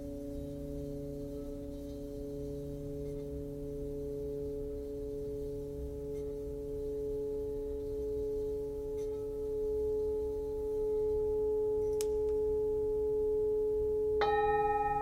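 Tibetan singing bowls hum with steady, long-sustained tones, a low drone under several higher ringing pitches that barely change across the whole stretch. A faint low rumble runs beneath. Near the end, a fresh bowl strike rings out brighter and slightly louder.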